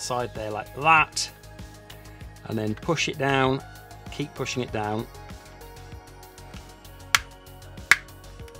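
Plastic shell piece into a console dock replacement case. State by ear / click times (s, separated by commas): seated / 7.1 s, 7.9 s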